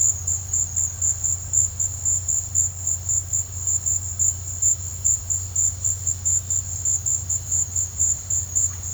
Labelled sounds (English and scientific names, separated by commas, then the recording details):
none
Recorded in pastures near Puerto Asís, Putumayo, Colombia, on 15 December 2024 at 14:30
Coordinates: 0.502, -76.324
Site G077